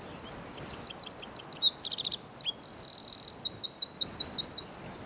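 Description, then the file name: Eurasian wren song, a loud, very high rapid outpouring of sharp notes and fast rattling trills in one continuous phrase over faint background hiss. "Troglodytes troglodytes"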